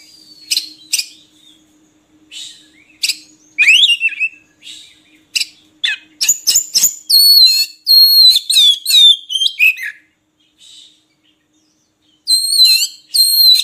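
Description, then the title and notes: Oriental magpie-robin song: varied whistled and buzzy phrases, rich high notes and sharp chattering bursts, with short pauses between strophes. Song for training birds to sing actively day and night. "Kacer Jadi Gacor Siang Malam. Isian Kacer Durasi Panjang"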